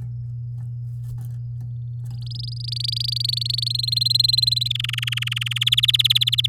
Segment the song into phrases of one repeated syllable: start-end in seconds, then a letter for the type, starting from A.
2.11-3.69 A, 3.70-4.68 B, 4.70-5.58 C, 5.61-6.47 D